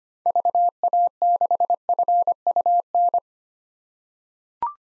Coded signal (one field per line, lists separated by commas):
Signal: Morse code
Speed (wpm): 25 wpm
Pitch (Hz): 700 Hz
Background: none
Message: VA6FUN